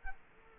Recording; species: mosquito wingbeat signal from an infrared sensor; Culex quinquefasciatus